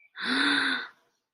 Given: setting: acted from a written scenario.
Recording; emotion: vocal sound without words; awe